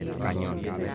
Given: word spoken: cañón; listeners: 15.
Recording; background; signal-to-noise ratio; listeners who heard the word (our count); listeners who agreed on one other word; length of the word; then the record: one Spanish word in noise, from a listening test; eight-talker babble; -2.3 dB; 1 of 15; 7 of 15; 0.55 s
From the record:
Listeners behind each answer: 7, 4, 2, 1, 1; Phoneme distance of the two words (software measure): 31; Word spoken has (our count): 2 syllables, 5 phonemes, stress on syllable 2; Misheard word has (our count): 2 syllables, 4 phonemes, stress on syllable 1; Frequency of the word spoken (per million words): 8.56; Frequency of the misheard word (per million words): 19.39